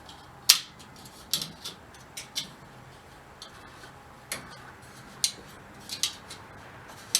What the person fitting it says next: You can hear them snap into place.